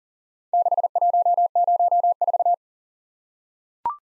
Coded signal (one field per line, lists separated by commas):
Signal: Morse code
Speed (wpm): 38 wpm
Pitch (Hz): 700 Hz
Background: none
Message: 6104